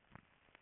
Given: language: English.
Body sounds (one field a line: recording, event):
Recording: throat vibration sensor signal played as sound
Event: swallow